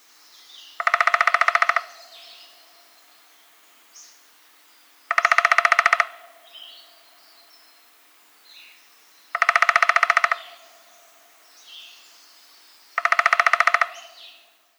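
Downy woodpecker drumming in short rapid rolls of about one second each, repeated four times roughly every four seconds.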